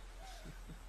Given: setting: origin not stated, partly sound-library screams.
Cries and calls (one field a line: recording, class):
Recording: one-second piece from a danger detection set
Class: normal situation